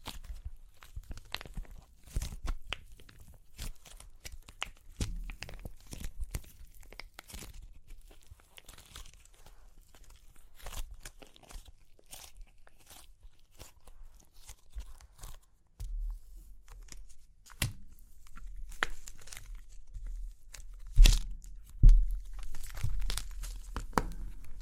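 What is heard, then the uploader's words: Crunchy clay cracks and crumbles in a dense run of sharp, irregular snaps and crackles, with brief quiet gaps between bursts. A low rumble sits underneath and thickens after about 16 seconds, and the loudest cracks land around 21 and 22 seconds. Super Crunchy Clay Cracking (No Talking).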